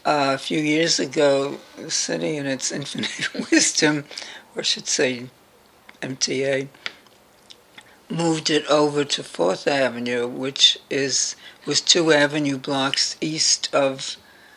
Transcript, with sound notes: A few years ago, the city in its infinite wisdom, [laughs] or I should say MTA moved it over to the Fourth Avenue, which is—was two avenue blocks east of